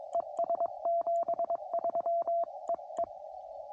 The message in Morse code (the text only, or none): ES 73 EE